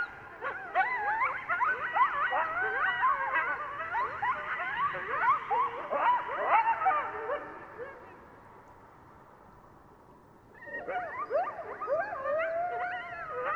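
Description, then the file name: Coyotes yipping and howling together in a busy chorus, dying away to near silence, then a fresh burst of yips and a long wavering howl. Several coyotes, recorded 15 March 2015. "YELLCoyotes 150315"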